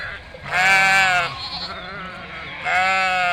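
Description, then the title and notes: Sheep bleats, a loud quavering bleat early, softer overlapping bleats in the middle, then another strong bleat near the end. Flock of 467 sheep and lambs grazing and moving in spring, eating grass and wild garlic, herded by dogs; Chindrieux, France; binaural recording on a Fostex FR2 LE. "Chindrieux, France - Troupeau de moutons. En ce jour de printemps, au beau milieu d'un troupeau de 467 moutons et agneaux. Bêlements en chorale très spacialisée et en mouvement"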